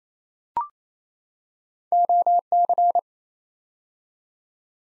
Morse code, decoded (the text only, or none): OC